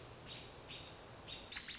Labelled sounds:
American Robin (Turdus migratorius)
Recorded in Sonoma County, California

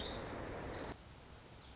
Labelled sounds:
Pacific Wren (Troglodytes pacificus)
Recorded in Sonoma County, California

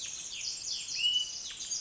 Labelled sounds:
Pacific Wren (Troglodytes pacificus)
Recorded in Sonoma County, California

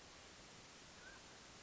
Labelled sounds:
Mountain Quail (Oreortyx pictus)
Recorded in Sonoma County, California

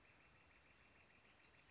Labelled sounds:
Northern Flicker (Colaptes auratus)
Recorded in Sonoma County, California

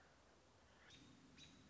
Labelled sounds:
American Robin (Turdus migratorius)
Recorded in Sonoma County, California

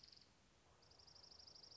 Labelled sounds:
Dark-eyed Junco (Junco hyemalis)
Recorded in Sonoma County, California

